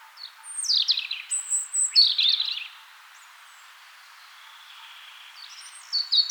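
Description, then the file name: European robin song: a short burst of high sliding whistles and trills, a quiet gap, then the start of a new phrase. "Rotkehlchen"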